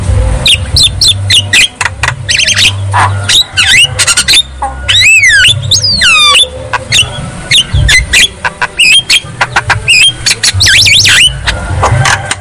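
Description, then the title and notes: Javan myna song of scratchy chips and squeaks broken by a burst of rapidly repeated swooping whistles midway, over a low droning hum. Lure recording meant to prompt a silent, non-singing Javan myna to start singing. "Pancingan Jalak Kebo Bisu. Kicau Jalak Kebo"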